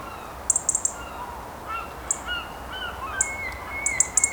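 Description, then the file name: European robin song: bursts of very high, thin trilled notes alternating with short whistled phrases that slide up and down, over a steady low background hiss. "Erithacus rubecula"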